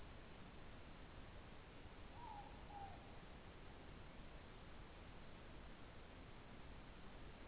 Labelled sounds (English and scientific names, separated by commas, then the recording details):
Morepork (Ninox novaeseelandiae) more-pork call
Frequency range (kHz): Morepork (Ninox novaeseelandiae) 0.6-1.1 kHz
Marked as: faintness 2/5
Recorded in New Zealand
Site Taranaki